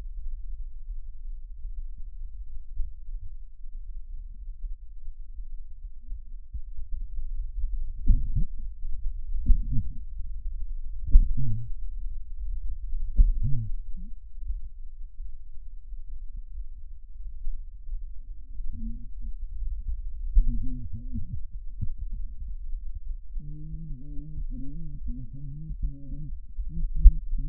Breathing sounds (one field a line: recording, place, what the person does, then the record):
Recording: lung sounds by stethoscope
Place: right posterior apical chest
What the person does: quiet breathing, then cough and speech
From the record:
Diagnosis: COPD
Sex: female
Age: 80 years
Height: 160 cm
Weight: 62 kg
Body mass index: 24.2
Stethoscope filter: bell mode